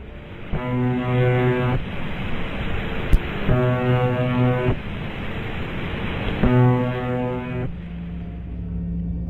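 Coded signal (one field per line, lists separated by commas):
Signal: channel marker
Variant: UVB-76 (The Buzzer)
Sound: three harsh low buzzes, each about one second, repeating every three seconds through hiss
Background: radio static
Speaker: For over 50 years, the station has been broadcasting a short, monotonous buzz that plays for 24 hours a day at about 25 tones per minute. This is what it sounds [Music] like.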